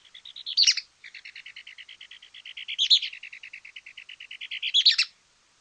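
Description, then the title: Mouse-colored tyrannulet singing long rapid chattering trills, each pulsed series swelling into louder burry bursts about every two seconds. Nominate subspecies murina. "LuckyPassaro Completos2Sama. Mouse-colored Tyrannulet (Phaeomyias murina murina)"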